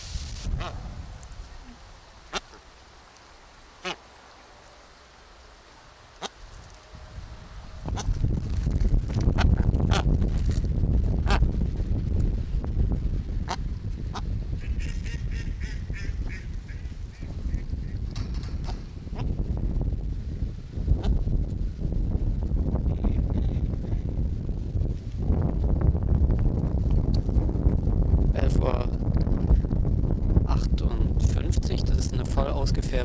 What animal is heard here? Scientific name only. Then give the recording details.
Anser indicus. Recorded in captivity. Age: adult. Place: Wildlife Park Shubenacadie, Nova Scotia, CA. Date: 1991-10-10 11:58. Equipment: Sony WM-D6C, Sony ECM-939 LT (Stereo), Kopie Uher 4400 IC. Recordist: Frommolt, Karl-Heinz